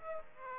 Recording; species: mosquito wingbeat signal from an infrared sensor; Aedes aegypti